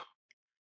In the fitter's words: get it all the way down. You're going to kind of hear it pop.